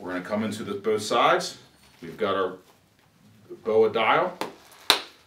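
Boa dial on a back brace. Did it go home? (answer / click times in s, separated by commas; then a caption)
yes / 4.9 s. Someone talks while the Boa lacing dial on the back of an Exos 627 back brace is pushed in to engage it, so it can then be turned to tighten the brace. A sharp, loud click at 4.9 s shows the dial has clicked in and seated.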